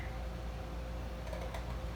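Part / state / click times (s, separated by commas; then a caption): rechargeable battery pack into the battery compartment of a security camera / not seated / none. A rechargeable battery pack is lined up with the battery compartment of a white Ring Floodlight Cam Wired Plus outdoor security camera, just before it is pushed into its slot. Over a steady low hum, only faint, soft handling rustles come through, around 1.3 s and 1.5 s. The battery has not been pushed in or clicked yet.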